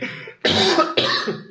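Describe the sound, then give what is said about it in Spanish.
Harsh, raspy coughing from someone coughing up smoke: a softer hack, then two loud, rough bursts in quick succession, each breaking off abruptly, with no speech. “está tosiendo el humo. Efectos especiales.”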